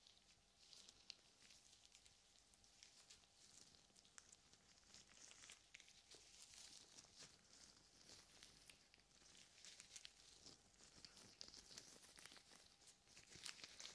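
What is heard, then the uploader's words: Gloved hands cup and rub over the ears, making a dense, continuous crinkling and rustling that stays bright and hissy throughout. Sharp little crackles and pops break through irregularly, several per second. A faint steady tone hums underneath the whole time. ASMR Ear Cupping with Gloves.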